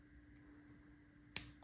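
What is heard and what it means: Pliers close a stainless steel jump ring that joins a crimp cover to a magnetic clasp on a necklace, giving one sharp, bright click at 1.4 s as the ring ends pass each other, then a faint tick at 1.6 s. A steady low hum runs underneath throughout, and the ring is closed with its ends brought back to where they meet.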